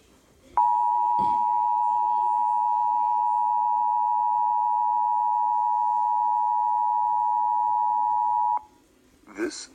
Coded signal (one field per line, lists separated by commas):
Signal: Emergency Alert System (SAME) tones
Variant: 853 and 960 Hz attention tone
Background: speech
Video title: National Periodic Test EAS #170